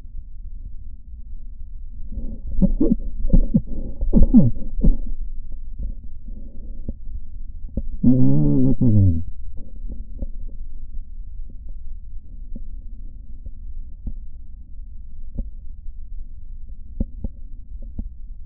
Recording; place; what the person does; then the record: lung sounds by stethoscope; right posterior basal chest; quiet breathing, then cough and speech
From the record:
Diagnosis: interstitial lung disease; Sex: male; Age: 72 years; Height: 170 cm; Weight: 62.9 kg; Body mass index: 21.8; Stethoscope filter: diaphragm mode